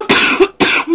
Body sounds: coughing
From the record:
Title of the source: 64 coughing, allergies, singing lungs

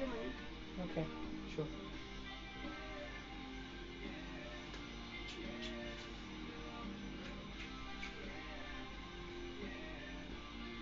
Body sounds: background sound without coughing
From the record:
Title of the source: BackgroundMusic

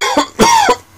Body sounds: coughing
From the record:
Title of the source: Dry Coughing Fit in the Afternoon.

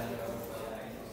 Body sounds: background sound without coughing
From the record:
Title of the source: 40 min - Ambience sounds UNIVERSITY lunchroom chatting

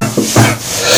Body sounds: coughing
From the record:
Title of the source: Cough Around the Clock!

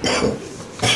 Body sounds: coughing mixed with background sound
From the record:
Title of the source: Spring Cold Coughing 3

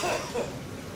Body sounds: coughing mixed with background sound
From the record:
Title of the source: Spring Cold Coughing 2

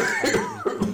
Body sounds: coughing mixed with background sound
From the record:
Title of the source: Mid-morning Winter Coughing Fit

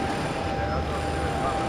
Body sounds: background sound without coughing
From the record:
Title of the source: 30 MINUTES Construction Site Ambience (CC BY 4.0)

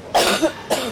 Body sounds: coughing mixed with background sound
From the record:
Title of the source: 61 morning phlegmy cough...again

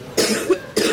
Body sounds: coughing mixed with background sound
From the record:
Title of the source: 60 coughing still (deep and wet cough)

